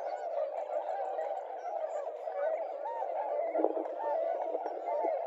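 Tundra swan flock calling continuously, many overlapping soft honks and hooting notes blending into one unbroken chorus.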